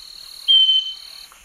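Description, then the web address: Southern nightingale-wren producing one pure whistled note, steady and slightly fading, over a persistent high insect hum. Recorded in the Eastern Lowlands of South America. "Natures Songs S America Eastern Lowlands 488 Southern Nightingale-Wren"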